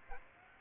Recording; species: mosquito wingbeat signal from an infrared sensor; Aedes aegypti